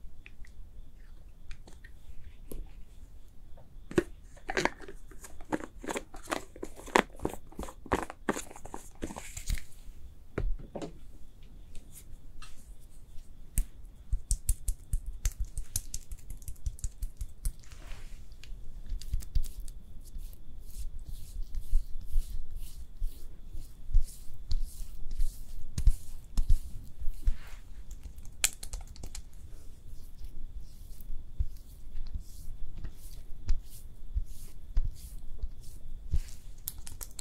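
Layered makeup ASMR sounds with no talking: a continuous stream of crisp taps and clicks, like fingers on plastic cases, over a soft low rumble. The tapping is densest and brightest from about four to ten seconds, then continues in scattered, irregular bursts.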